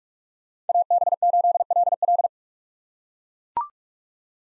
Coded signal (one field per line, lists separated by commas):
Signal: Morse code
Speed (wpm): 42 wpm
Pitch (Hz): 700 Hz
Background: none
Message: AB8LL